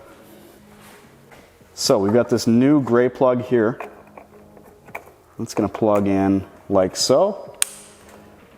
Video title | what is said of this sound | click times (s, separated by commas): Installing Toyota Tundra OEM LED Headlight Housings 2014-2018 | you probably heard that click in on camera that's a nice positive engagement that's a good harness | 7.6 s